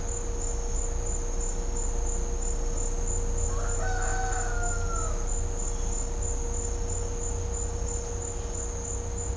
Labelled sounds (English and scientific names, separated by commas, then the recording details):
none
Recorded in dense forest near Puerto Asís, Putumayo, Colombia, on 18 December 2024 at 12:30
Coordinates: 0.503, -76.323
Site G043